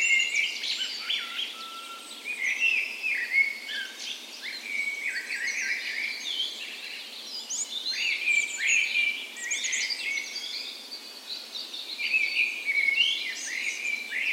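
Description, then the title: Birds chorusing steadily, quick high chirps and fluty whistles crowding together, one low-pitched whistle near the start, the song mass never stopping. Dawn chorus on the morning of 17 May, Norway's National Day, in spring, in a park west in Bergen, Norway; recorded with Sony PCM A10 and LOM Usi microphones as tree ears. "17th Of May Dawn Chorus"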